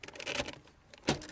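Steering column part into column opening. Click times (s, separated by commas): 1.1 s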